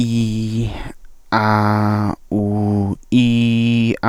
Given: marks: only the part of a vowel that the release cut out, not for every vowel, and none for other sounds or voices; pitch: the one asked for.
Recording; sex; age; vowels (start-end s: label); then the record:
sustained vowels; male; 20 to 29 years
0.00-0.63 s: vowel /i/, normal pitch
1.39-2.04 s: vowel /a/, normal pitch
2.39-2.91 s: vowel /u/, normal pitch
3.25-3.88 s: vowel /i/, high pitch
From the record:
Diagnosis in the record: stuttering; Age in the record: 25 years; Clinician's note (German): Ausgeprägt chronische Form